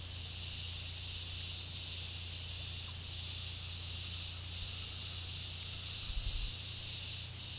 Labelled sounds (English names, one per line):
none